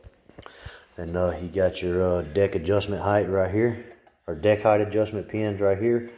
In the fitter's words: so locks into place put it all the way back bring it all the way back up and